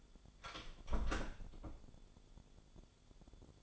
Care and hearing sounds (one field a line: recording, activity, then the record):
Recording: daily activity, microphone in the room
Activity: close door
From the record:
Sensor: 5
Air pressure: 1015.4 hPa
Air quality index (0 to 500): 206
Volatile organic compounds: 10 ppm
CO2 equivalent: 2243 ppm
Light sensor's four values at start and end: 29/67/26/23 and 30/69/27/24